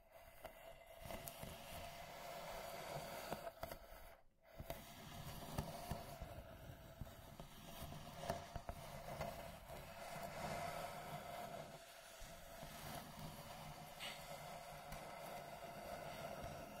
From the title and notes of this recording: Wooden Box Slow Scratching and Tracing (NO TALKING).